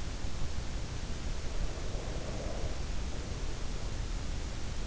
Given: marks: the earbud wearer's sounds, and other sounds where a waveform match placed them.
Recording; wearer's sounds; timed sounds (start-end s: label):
sounds in sleep by an in-ear microphone; breath
1.20-4.45 s: breath